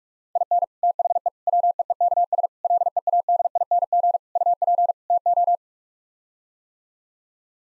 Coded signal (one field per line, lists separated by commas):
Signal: Morse code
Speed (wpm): 47 wpm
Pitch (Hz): 700 Hz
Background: none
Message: IN THE WEEKS LEADING UP TO